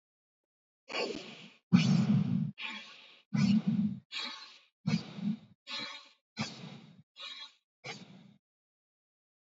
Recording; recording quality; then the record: shallow breathing; excellent, no background noise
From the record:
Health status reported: exposed to COVID-19, no respiratory illness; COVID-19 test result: negative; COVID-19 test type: RT-PCR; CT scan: not taken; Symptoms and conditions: none ticked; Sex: male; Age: 23 years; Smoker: no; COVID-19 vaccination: both doses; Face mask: worn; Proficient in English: yes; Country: India